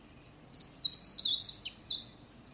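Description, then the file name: Meadow bunting singing one brisk, high phrase of rapid twittering, buzzy notes lasting about a second and a half. "hoojiro"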